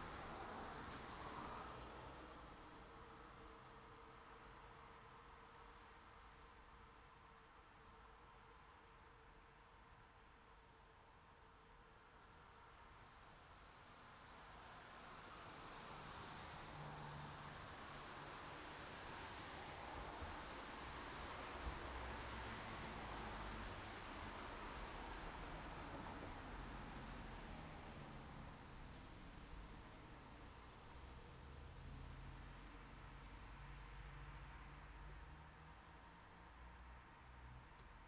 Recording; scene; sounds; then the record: everyday scene through a hearing-aid microphone; in traffic; traffic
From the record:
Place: city secondary road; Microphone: in the ear canal, right